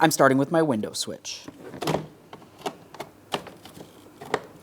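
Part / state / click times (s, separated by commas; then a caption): wiring harness connector into door panel window switch / seated / 4.3 s. Someone talks, then a plastic electrical connector from the wiring harness is pressed into the window switch on the back of a 2011-2026 Mitsubishi Outlander door panel, which rests upside down. A few light handling ticks follow, and then a sharp click at 4.3 s shows the connector has seated securely.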